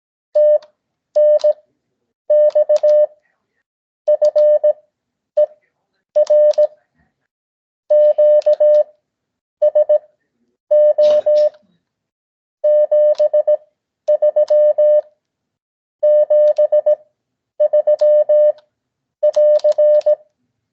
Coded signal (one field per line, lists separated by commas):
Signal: Morse code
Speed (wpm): 17 wpm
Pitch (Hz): 590 Hz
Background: none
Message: TNX FER QSO 73 73<AR>